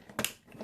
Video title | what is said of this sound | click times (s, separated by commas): Unboxing Teenage Mutant Ninja Turtles Warthog Trike and Street Speeder | push it all the way back until it snaps | 0.2 s